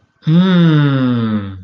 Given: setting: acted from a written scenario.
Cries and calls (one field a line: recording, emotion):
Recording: vocal sound without words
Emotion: realization